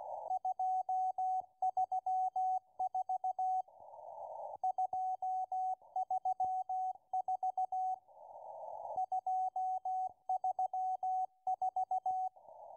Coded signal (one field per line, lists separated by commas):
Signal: Morse code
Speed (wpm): 16 wpm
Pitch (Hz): 750 Hz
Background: radio noise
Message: 234 234 234